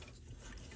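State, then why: Not seated. A replacement main circuit board for a Sky 325 R6 pouch laminator is handled as it is dropped into the housing toward small white plastic tabs that will lock it in place. Only steady, low rumbling handling noise is heard, with no sharp transients. Nothing has seated or clicked yet.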